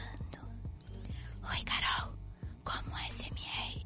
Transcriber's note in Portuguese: sussurrando